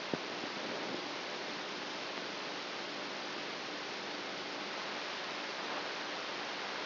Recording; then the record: brain microelectrode recording played as sound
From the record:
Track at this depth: inside the subthalamic nucleus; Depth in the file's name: 5.64 mm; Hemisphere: right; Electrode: 2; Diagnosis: Parkinson's disease